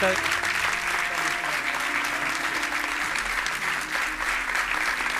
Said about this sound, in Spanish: Yo quiero que estéis aquí conmigo porque quiero que recibáis la ovación de vuestro pueblo. Ellos verdaderamente son los que se merecen esta ovación.